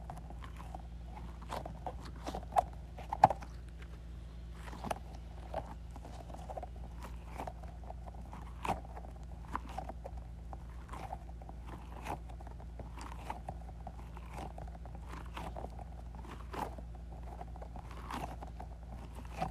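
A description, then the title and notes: A squishy ball is squeezed over and over, each squeeze giving a short wet squelch with a sharp click or crackle, about once every second or so. A steady low hum runs underneath the whole time. Squeezing Squishy Ball.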